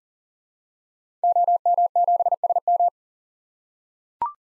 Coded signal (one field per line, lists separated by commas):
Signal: Morse code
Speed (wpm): 39 wpm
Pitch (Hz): 700 Hz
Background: none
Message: OM7SM